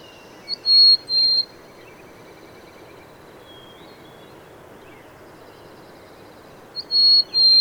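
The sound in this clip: Bird song: a pair of high whistled notes, a long quiet stretch with faint chirps, then another pair of the same whistles.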